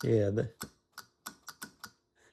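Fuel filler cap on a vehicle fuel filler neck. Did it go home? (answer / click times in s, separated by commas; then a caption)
yes / 1.3 s, 1.5 s, 1.6 s, 1.8 s. Someone talks briefly as a new replacement fuel cap is screwed onto the fuel filler neck of an FJ Cruiser to fix a check engine light. The cap's ratchet clicks sharply at 1.3, 1.5, 1.6 and 1.8 seconds as it is tightened, showing the ratchet clicks well.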